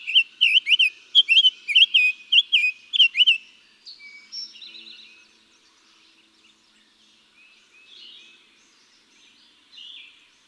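Summer tanager singing a fast string of slurred, rising-and-falling whistled notes for about three seconds, then only faint, scattered bird notes.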